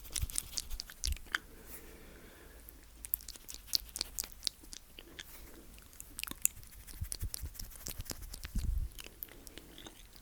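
Slow mouth sounds: irregular wet clicks, smacks and soft crunchy bites scattered throughout, with a low thump near eight and a half seconds.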